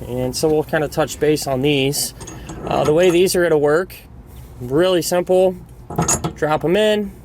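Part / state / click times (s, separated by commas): safety chain loop in truck bed socket / not seated / none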